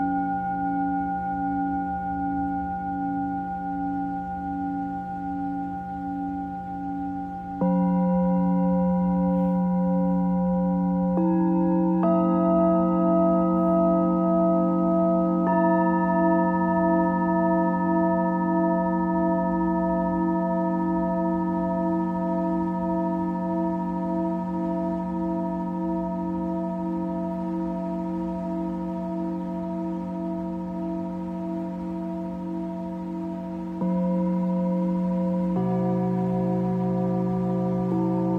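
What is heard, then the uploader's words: A Tibetan singing bowl rings with a steady wavering hum, freshly struck around 8, 11, 15 and 34 seconds, each tone sustaining long. Tibetan Singiing Bowl のサウンドヒーリングチャンネル.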